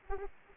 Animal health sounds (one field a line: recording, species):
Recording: mosquito wingbeat signal from an infrared sensor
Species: Anopheles arabiensis